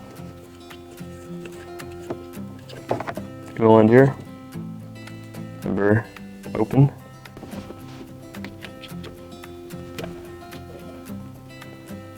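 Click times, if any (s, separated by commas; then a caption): none. A factory connector plug is handled near the female end of an Apple CarPlay and Android Auto adapter harness for an Acura MDX, RDX, TLX or ILX, with light plastic taps and rustles over background music while someone talks. The clip ends before the plug goes in, so nothing has seated or clicked yet.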